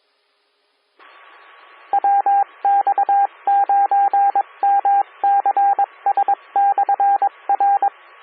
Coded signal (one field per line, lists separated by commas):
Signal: Morse code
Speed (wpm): 21 wpm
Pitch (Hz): 800 Hz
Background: radio noise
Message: WX9MCS/R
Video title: 2014-06-16 - WX9MCS 147.255 MHz SKYWARN Repeater